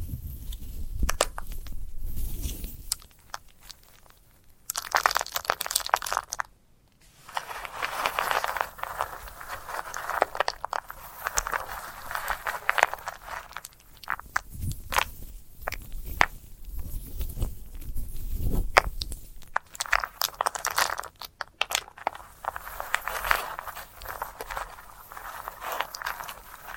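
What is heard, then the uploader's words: Dry crackling and crunching from handling a sunflower head, with dense bursts of brittle scratching and snapping that come and go throughout. Short pauses break the activity near 3, 7 and 20 seconds, and a few low thumps mark heavier handling. ASMR of a Sunflower Head (No Talking).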